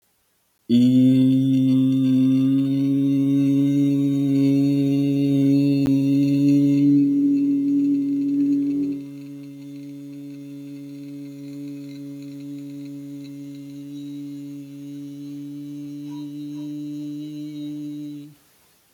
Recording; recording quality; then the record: sustained vowel as in beet; excellent, no background noise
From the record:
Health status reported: healthy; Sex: male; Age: 22 years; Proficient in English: yes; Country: India